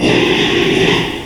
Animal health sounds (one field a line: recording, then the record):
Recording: squeal of a Yucatan mini pig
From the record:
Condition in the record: after surgery on the right vocal fold (resection and tissue-engineered implant)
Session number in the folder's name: 1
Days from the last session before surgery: 6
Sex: male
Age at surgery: 12 weeks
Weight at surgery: 13 kg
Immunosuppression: cyclosporine, prednisolone